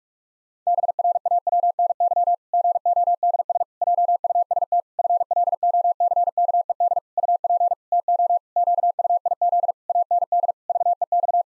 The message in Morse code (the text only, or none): BRAWNY GODS JUST FLOCKED UP TO QUIZ AND VEX